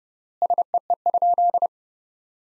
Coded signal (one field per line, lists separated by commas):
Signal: Morse code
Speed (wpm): 29 wpm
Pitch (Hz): 700 Hz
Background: none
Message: SEE?